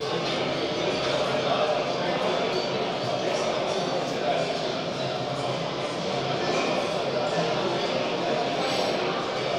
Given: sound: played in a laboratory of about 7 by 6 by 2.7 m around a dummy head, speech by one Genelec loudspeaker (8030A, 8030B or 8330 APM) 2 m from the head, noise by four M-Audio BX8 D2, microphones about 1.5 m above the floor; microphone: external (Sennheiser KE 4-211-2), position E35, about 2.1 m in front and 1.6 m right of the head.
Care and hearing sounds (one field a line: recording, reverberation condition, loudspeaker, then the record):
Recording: cafeteria noise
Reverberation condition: high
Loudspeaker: four, about 170 cm from the corners of the room and facing them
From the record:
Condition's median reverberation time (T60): about 1300 ms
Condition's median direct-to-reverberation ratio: about -4.0 dB